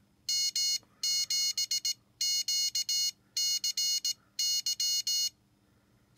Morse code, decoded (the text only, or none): M7QCY